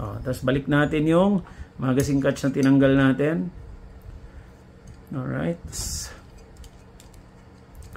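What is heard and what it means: Someone talks while a magazine catch is handled and lined up in a 1911 pistol frame before it is pushed and turned to lock. After the talking, only small, quiet handling ticks are heard from about 5.8 s to the end. Nothing has seated or clicked yet.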